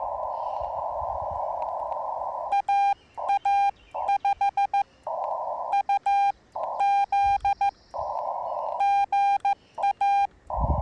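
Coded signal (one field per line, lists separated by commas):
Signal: Morse code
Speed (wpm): 15 wpm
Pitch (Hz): 800 Hz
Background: none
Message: AA5UZ GA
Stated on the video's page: Morse from a park activation, sent with paddles on a Yaesu FT-891 at 25 watts into a 17-ft whip on a tripod.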